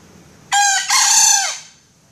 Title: Suara Ayam Hutan Betina. Suara ayam hutan merdu